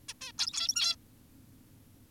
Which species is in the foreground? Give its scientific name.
Taeniopygia guttata